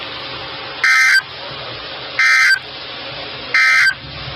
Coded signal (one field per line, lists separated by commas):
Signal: Emergency Alert System (SAME) tones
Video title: Severe Thunderstorm Warnings + 70 mph Wind gusts in Rockford, IL 6/24/23-6/25/23 (EAS 164-180)